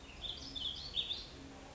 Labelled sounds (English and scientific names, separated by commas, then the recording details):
Warbling Vireo (Vireo gilvus)
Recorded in Sonoma County, California